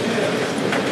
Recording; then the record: background sound without coughing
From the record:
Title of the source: Office Sounds Ambience - Background Noise for Study and Work